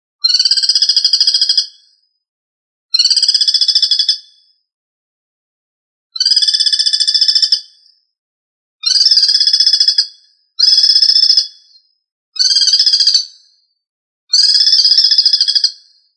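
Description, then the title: Bird singing short buzzy trilled phrases of about one to two seconds each, repeated seven times with pauses between them. No other sounds are heard. "LuckyPassaro Completos2Sama"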